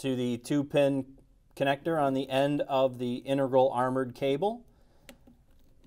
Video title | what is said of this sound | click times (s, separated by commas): Testing Aeroderivative Gas Turbine Sensors | so we align the keyway and it snaps in place like that you heard the snap maybe | 5.1 s